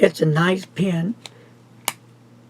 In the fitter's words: when you hear that snap it's securely posted again if